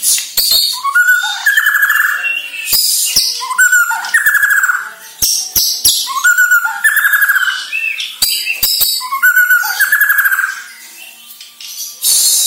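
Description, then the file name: White-rumped shama song of warbled whistled phrases repeated every few seconds, mixed with sharp clicks and high buzzy notes. Borneo; lure recording played to make shamas sing. "Sara Pancingan Murai Batu Borneo Agar Gacor Dor"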